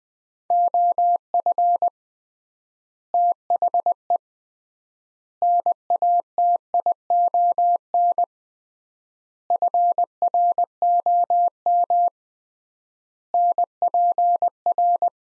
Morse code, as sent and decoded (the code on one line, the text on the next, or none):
--- ..-. / - .... . / -. .- - .. --- -. / ..-. .-. --- -- / -. .--. .-.
OF THE NATION FROM NPR